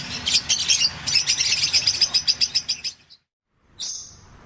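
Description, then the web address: Fischer's lovebird chattering in fast, shrill, scratchy notes for about three seconds, a short silence, then one high squeal. "golosa ptic kak poyut popugai nerazlucniki agapornis. parrots agapornis-fischeri"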